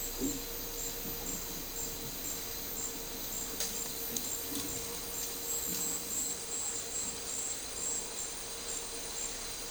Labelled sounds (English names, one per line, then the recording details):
none
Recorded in dense forest near Puerto Asís, Putumayo, Colombia, on 4 March 2025 at 13:00
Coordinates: 0.467, -76.328
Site G041